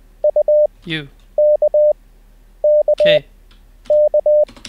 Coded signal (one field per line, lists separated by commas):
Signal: Morse code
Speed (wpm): 20 wpm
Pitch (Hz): 600 Hz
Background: speech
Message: UKKK